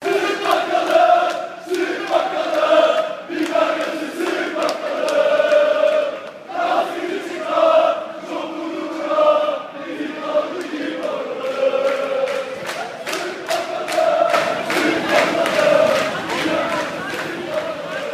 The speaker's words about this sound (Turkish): Tezahürat 13 Mayıs günü Akaretler'de İnönü Stadı'ndan geriye Beşiktaş Meydanı'na doğru yürüyen taraftarın yaptığı bir tezahürat.